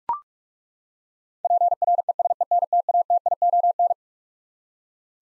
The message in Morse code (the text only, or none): PRESENTATION